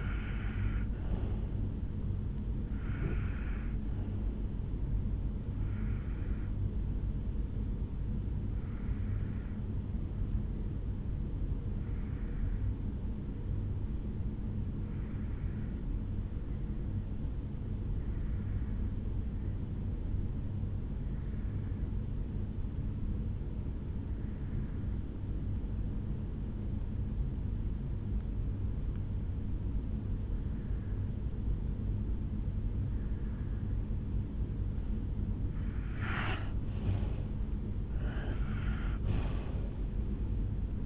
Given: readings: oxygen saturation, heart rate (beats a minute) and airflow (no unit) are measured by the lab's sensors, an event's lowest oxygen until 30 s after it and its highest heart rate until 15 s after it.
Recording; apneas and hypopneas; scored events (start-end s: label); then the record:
breathing in sleep by a smartphone at the bedside; 1
6.00-34.70 s: hypopnea (N1, oxygen 96% highest, then 88% lowest, heart rate 63 at the start, 72 highest)
20.00-40.86 s: new sleep stage, N2 (light sleep)
From the record:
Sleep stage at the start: N1 (lightest sleep); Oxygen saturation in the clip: 88 to 96%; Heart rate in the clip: 55 to 72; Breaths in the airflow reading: 6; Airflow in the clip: -9.6 to 10.7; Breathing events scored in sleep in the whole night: 449 in 7.0 hours asleep